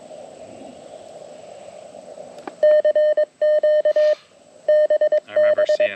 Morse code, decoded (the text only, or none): CQ BB